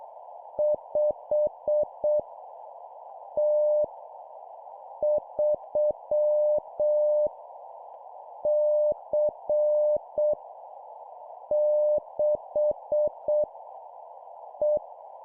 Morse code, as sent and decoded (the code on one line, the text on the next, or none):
..... / - / ...-- / -.-. / -.... / .
5 T 3 C 6 E